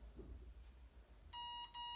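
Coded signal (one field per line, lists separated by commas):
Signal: beep code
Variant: EMAX ESC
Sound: near silence, then two steady buzzy electronic beeps, the second cut off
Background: quiet small room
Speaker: one two one two three four five one long bid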